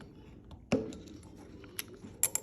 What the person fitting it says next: it won't latch.